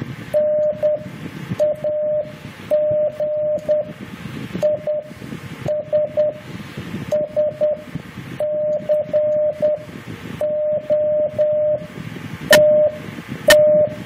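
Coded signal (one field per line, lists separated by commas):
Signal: Morse code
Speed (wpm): 10 wpm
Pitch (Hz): 600 Hz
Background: radio noise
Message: NAG IS SCOTT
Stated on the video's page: CW CQ contact.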